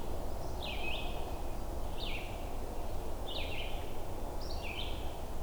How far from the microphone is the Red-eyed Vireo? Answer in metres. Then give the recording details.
about 40 m. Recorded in boreal forest in Alberta, Canada, on 21 June 2016 at 07:37. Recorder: SongMeter 3, array SBT-6-76. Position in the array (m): 180 m, 88 m